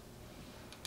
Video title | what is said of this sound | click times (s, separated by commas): Sony A6000 Overview and Sample Images | when you put it in you have to make sure it's in all the way you have to make sure you push it in all the way till it clicks | 0.9 s